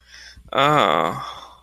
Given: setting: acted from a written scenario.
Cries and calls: vocal sound without words; embarrassment

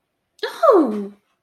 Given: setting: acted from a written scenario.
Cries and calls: vocal sound without words; positive surprise

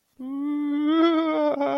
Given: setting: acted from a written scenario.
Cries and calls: vocal sound without words; fear

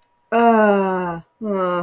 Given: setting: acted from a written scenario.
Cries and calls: vocal sound without words; disappointment

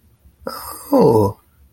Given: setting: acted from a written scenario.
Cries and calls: vocal sound without words; amusement

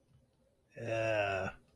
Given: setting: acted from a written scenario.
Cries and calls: vocal sound without words; embarrassment

